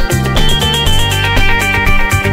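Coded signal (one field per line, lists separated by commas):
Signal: none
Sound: music track beeps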